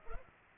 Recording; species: mosquito wingbeat signal from an infrared sensor; Culex pipiens